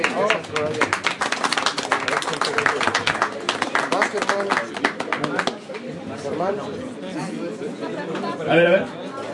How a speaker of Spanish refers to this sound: ¡Fuerte aplauso!